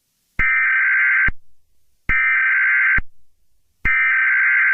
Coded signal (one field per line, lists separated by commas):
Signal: Emergency Alert System (SAME) tones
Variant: header bursts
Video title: English Or Spanish? (An EAS Mock)